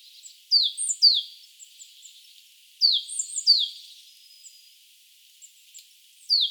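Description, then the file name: Great tit calls: high, sharply descending notes in short groups, given in bursts separated by quiet gaps of over a second. "Parus major"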